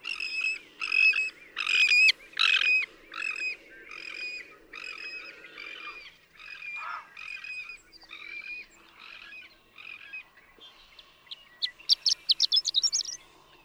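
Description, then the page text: Horned lark song: a run of high, scratchy, stuttered notes for several seconds, then quieter phrases and a brief rapid burst of high notes near the end. Daytime intermittent singing, a few stuttered notes rising to a rapid, slurred flourish; Marble Hot Springs Road, Sierra Valley, California, 7 June 2001. "Birdsong for the Curious Naturalist. Horned lark"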